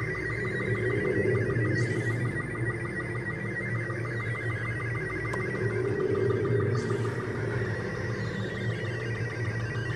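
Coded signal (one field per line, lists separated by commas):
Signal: SSTV (slow-scan television)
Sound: warbling, chirping tone with rapid regular ticks, steady low electrical hum behind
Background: low humming drone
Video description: The noises are: Morse code and SSTV still images which are MD5-hashe of the BBS-number with login and passord, they can be used to access the "aperture labs" server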